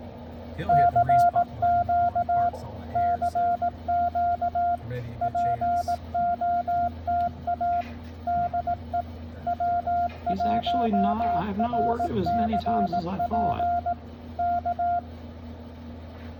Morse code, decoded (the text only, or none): CQ CQ POTA DE W1RCP K